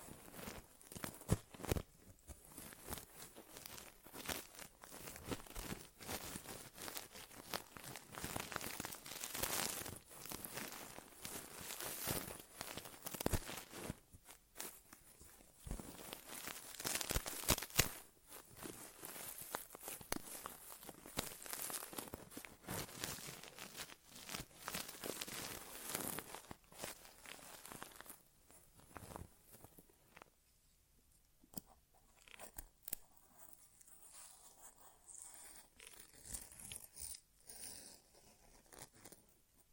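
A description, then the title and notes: Dense crinkling and scratching sounds fill the ear for most of the time, thinning to sparse quiet taps after about thirty seconds. ASMR Inner Ear Exam (No Talking).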